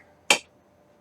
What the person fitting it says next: Oh, snap right in place. Nice.